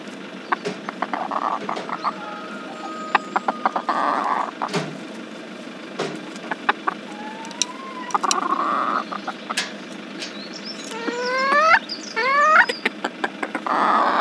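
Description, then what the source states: Chickens calling: scattered cackles and a wavering call, then several rising harmonic squawks near the end, with sharp clicks over a low hum. More than one chicken.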